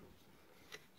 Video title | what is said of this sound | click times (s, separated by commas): 2010+ Ford Explorer Ford Escape Rear Wiper Blade Replacement Swap | pressure away and it popped right off that | 0.7 s